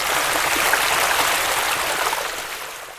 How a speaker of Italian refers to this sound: Se ascolti bene, puoi sentire il rumore dell'acqua di un ruscello che corre tra le pietre.